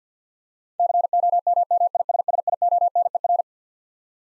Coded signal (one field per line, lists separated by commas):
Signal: Morse code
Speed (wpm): 50 wpm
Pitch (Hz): 700 Hz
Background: none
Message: COMMISSIONER